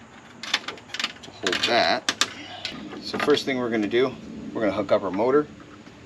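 The window motor wiring plug is being handled for reconnection to the regulator motor socket on a 2004 Volkswagen New Beetle MK4 during a window regulator replacement; the plug has a plastic locking clip that gets pushed down to lock it. Someone talks while a few faint, short taps and handling knocks are heard. Nothing has seated or clicked yet.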